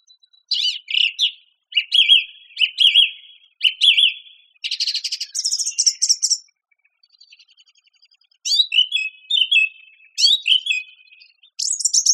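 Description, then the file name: Song thrush song: a short whistled phrase repeated several times, then buzzy high notes and further repeated slurred phrases, with brief pauses between bursts. "suara-kicauan-burung-song-thrush -omkicau"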